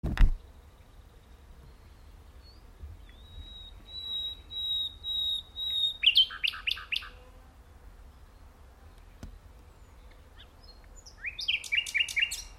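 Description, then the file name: Nightingale phrases: a series of pure steady whistles, then a burst of sharp notes, a quiet pause, and another short rapid phrase near the end. "Luscinia megarhynchos"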